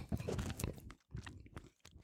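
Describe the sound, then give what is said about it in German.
Someone chewing bread, with soft, irregular munching and crunching bursts that pause briefly twice before the chewing resumes. No one speaks. “Habe ich ein bisschen Brot gegessen.”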